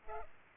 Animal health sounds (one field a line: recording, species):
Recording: mosquito wingbeat signal from an infrared sensor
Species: Culex pipiens